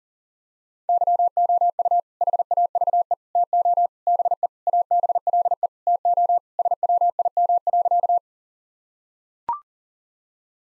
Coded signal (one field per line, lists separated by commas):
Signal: Morse code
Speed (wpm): 37 wpm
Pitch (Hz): 700 Hz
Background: none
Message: YOU HAVE TO BE ABLE TO SWIM.